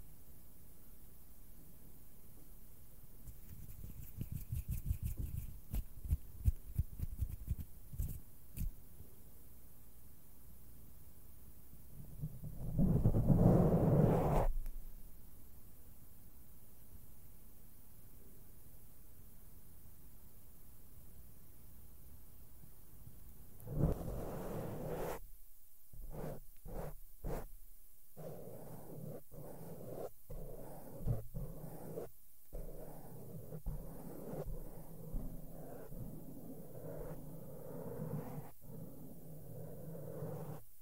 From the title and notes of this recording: ASMR SOFT SOUNDS WITH MAKEUP BRUSHES ON MIC AND MICROPHONE TOUCHING. NO TALKING.